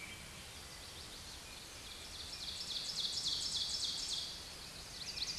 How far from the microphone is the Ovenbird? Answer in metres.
about 30 m